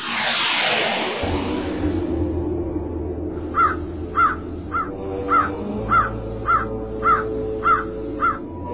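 A crow caws about ten times in a steady, evenly spaced series of harsh, raspy calls over a low droning hum, following an opening burst of rushing, whooshing noise.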